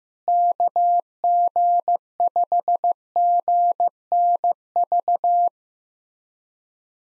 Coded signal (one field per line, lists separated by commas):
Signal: Morse code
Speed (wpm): 15 wpm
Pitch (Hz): 700 Hz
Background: none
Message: KG5GNV